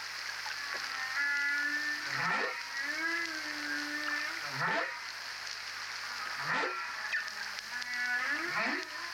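Whale song of low moaning tones broken by several rising upsweeps over steady background hiss.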